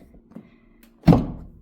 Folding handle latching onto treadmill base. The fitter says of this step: you can just snap it down